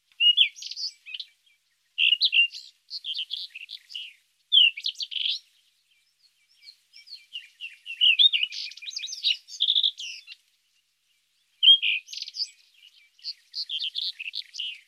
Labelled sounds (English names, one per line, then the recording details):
Rufous-tailed Scrub Robin song
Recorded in the wild
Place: National Independence Park, Aschgabat, TM
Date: 2001-05-15
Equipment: MiniDisc Sharp MT 20 H
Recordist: Schwarz, Dieter
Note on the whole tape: Song